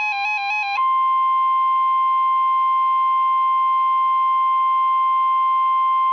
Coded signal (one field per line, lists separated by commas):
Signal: Emergency Alert System (SAME) tones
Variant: 1050 Hz attention tone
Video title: Required Weekly Test (EAS #1,087) 1/10/18